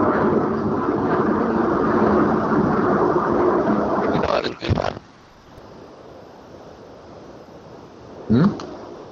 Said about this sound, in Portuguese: Alguém tava fazendo muito barulho, parecia que tinha passado um avião lá atrás. Ah, passou aqui um avião.